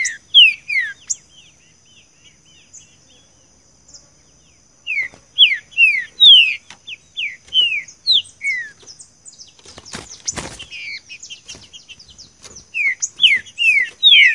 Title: Canto De Trinca Ferro